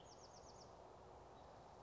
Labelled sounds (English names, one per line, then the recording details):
Bewick's Wren
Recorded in Sonoma County, California